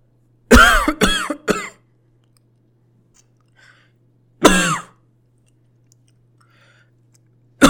Male Cough.